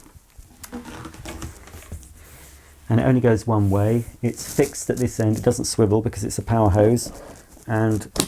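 The plastic power-hose end of a Sebo K3 Vulcano vacuum cleaner is pushed into the socket on the vacuum cleaner body. It fits only one way, is fixed at that end and does not swivel because it is a power hose. A single sharp click at 0.6 s marks it locking in place, followed by someone talking.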